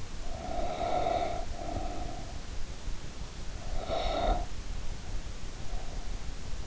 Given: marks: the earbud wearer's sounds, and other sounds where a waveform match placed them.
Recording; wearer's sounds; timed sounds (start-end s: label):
sounds in sleep by an in-ear microphone; breath
0.12-2.46 s: breath
3.65-4.66 s: breath